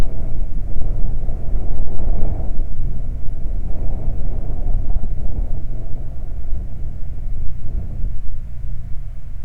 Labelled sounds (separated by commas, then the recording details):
wind
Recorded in the Prudhoe Bay oil fields, Alaska, on 12 July 2019 at 00:05
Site 29